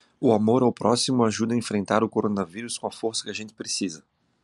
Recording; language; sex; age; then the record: spoken sentence; Brazilian Portuguese; male; 40 to 49 years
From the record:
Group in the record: control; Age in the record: 46 years